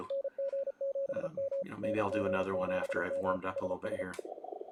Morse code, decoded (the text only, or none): NG7M NG7M SS